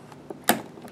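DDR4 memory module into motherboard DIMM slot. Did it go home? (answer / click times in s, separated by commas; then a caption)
yes / 0.5 s. A DDR4 memory stick is pressed into the second bank of motherboard DIMM slots. A sharp, loud click at 0.5 s marks the retention latch snapping shut, with a few faint ticks before and after. The module is seated, and hearing this click is how a correct installation is confirmed.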